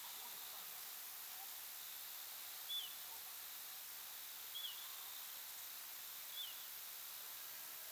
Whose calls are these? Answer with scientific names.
Charadrius dubius